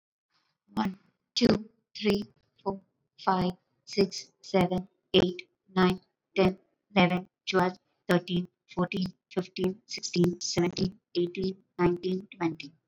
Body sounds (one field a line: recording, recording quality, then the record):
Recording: counting at a normal pace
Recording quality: excellent, no background noise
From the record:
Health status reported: recovered from COVID-19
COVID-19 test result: negative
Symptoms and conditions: none ticked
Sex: female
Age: 33 years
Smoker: not ticked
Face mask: not worn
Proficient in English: yes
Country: India